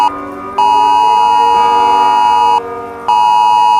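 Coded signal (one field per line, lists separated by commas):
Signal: Emergency Alert System (SAME) tones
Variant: 853 and 960 Hz attention tone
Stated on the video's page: Fictional EAS mini scenario produced on a phone with an EAS encoder and macros.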